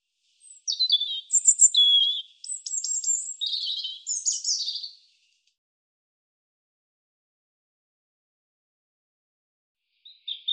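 European robin delivering a long, high warbled phrase of clear whistles and rapid trills over about four and a half seconds, then a long silence before a brief new note.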